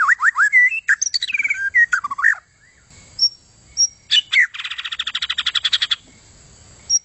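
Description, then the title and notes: White-rumped shama song with looping fluty slurs, a few piercing high pips, and a long fast rattling trill before a final thin note. Long, continuous song. "kicau murai batu panjang. suara kicau burung"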